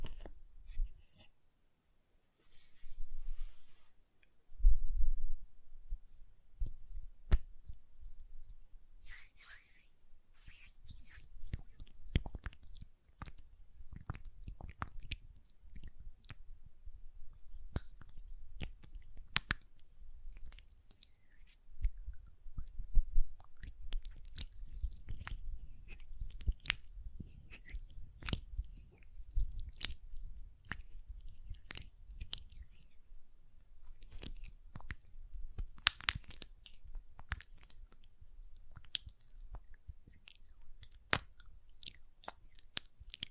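ASMR hand sounds: a steady run of soft, dense rubbing and moist, crackly textures, like lotion worked between the hands. Sharp little taps and clicks stand out through the middle and later parts, over a low, muffled rumble that persists throughout.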